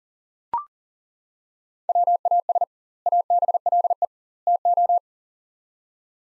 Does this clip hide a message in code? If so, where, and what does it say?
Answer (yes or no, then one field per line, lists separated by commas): yes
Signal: Morse code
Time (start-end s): 1.9-5.0 s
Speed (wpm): 38 wpm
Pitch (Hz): 700 Hz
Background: none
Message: WAS ABLE TO